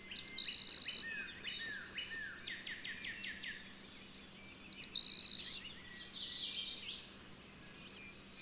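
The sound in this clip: Bird song with high, rapid chirping notes building into a fast buzzy trill, repeated twice about four seconds apart, with softer descending chirps between.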